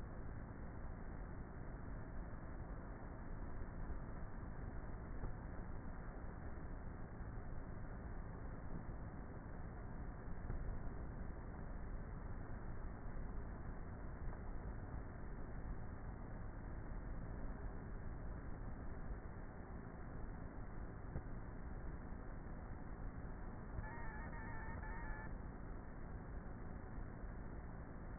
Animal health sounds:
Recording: honeybee colony, microphone inside the hive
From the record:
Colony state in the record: queenless with a low population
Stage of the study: before two queens were removed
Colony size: about 30,000 bees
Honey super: no

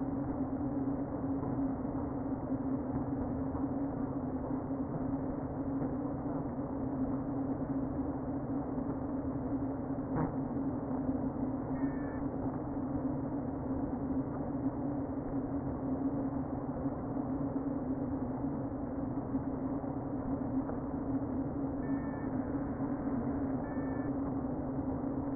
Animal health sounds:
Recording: honeybee colony, microphone inside the hive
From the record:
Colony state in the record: queen present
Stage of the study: before two queens were removed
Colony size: about 60,000 bees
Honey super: yes

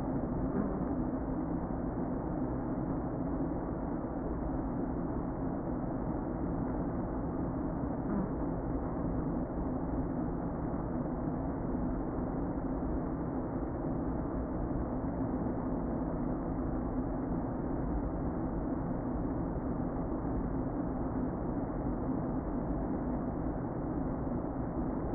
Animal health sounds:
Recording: honeybee colony, microphone inside the hive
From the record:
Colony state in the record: queen present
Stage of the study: before two queens were removed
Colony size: about 60,000 bees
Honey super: yes

